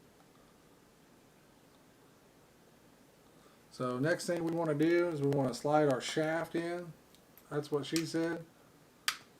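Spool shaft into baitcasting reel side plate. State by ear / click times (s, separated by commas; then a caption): seated / 9.1 s. During cleaning and reassembly of an Abu Garcia 6500 baitcasting fishing reel, the spool shaft is slid into the side plate. After a quiet start, someone talks from about 3.8 to 8.5 seconds. A single sharp click at 9.1 seconds marks the shaft seating into the side plate.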